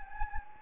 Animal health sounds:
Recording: mosquito wingbeat signal from an infrared sensor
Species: Anopheles gambiae

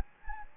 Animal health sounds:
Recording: mosquito wingbeat signal from an infrared sensor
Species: Anopheles gambiae

